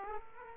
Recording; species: mosquito wingbeat signal from an infrared sensor; Aedes aegypti